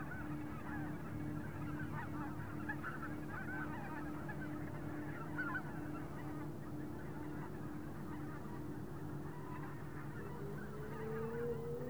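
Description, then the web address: Goose: geese in a flock give a steady wash of mingled honks, while a low rising tone swells in near the end. Big flock passing overhead in an open field in Wendland, autumn, light wind. "Shaping Waves - WENDLAND AUTUMN. Wendland Autumn Open Field Big Goose Swarm Passing Overhead Light Wind"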